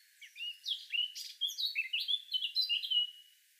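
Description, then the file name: Eurasian blackcap song, a single hurried phrase of mixed chirps and fluty whistles over a faint background hiss. "Sylvia atricapilla"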